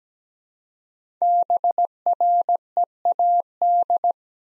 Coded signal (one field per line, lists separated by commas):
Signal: Morse code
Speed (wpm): 17 wpm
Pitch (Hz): 700 Hz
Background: none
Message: BREAD